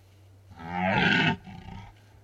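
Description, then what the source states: Red deer stag giving one loud, harsh roar lasting under a second, followed by a quieter fading groan. Stags rutting in the Carpathian Mountains, Bucovina, Romania.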